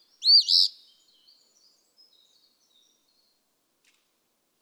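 Eastern phoebe singing one burry two-part phrase, followed by faint scattered high sounds, then the start of another phrase at the very end.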